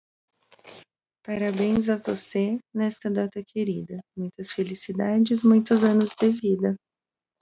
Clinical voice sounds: short text; Brazilian Portuguese; female; 30 to 39 years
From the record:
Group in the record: control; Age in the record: 33 years

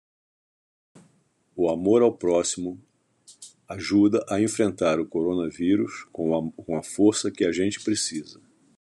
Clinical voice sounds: spoken sentence; Brazilian Portuguese; male; 70 to 79 years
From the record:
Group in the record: control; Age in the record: 70 years

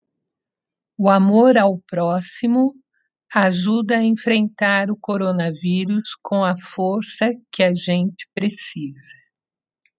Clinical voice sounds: spoken sentence; Brazilian Portuguese; female; 50 to 59 years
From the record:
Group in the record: control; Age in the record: 58 years

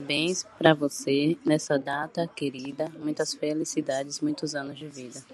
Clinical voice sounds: short text; Brazilian Portuguese; female; 30 to 39 years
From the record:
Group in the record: control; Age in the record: 39 years

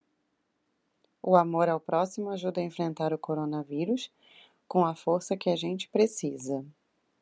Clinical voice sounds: spoken sentence; Brazilian Portuguese; female; 40 to 49 years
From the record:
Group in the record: control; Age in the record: 45 years

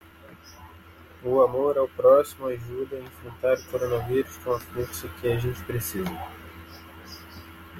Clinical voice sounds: spoken sentence; Brazilian Portuguese; male; 20 to 29 years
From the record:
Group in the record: control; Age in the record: 24 years

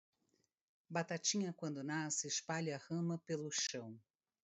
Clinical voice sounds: short text; Brazilian Portuguese; female; 50 to 59 years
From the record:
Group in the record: control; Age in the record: 53 years

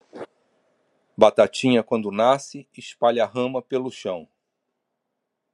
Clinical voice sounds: short text; Brazilian Portuguese; male; 60 to 69 years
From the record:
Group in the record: control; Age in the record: 65 years

